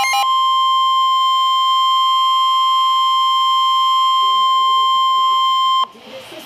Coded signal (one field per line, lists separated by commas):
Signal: Emergency Alert System (SAME) tones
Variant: 1050 Hz attention tone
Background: speech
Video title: EAS #228 - Tornado Warning (6/1/2012)